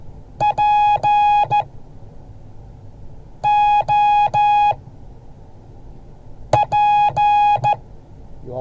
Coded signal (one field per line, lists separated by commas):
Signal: Morse code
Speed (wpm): 14 wpm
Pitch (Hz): 830 Hz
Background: none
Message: POP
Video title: Morse code class 2023-01-18